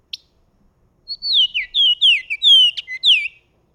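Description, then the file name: Bahama oriole song: a short burst of clear whistled notes, sliding and warbling between high and mid pitch, delivered rapidly over about two seconds after a brief click. "Bahama Oriole Icterus northropi"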